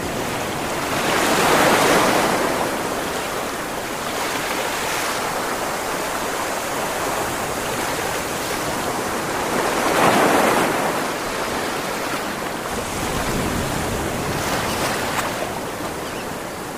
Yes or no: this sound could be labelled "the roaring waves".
yes